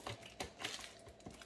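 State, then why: Not seated. Sections of a Yueieoun 3-in-1 rolling acrylic makeup train case are being fitted together by hand, giving a short run of light plastic clatter and knocks. The section has not latched onto the case yet; nothing has seated or clicked.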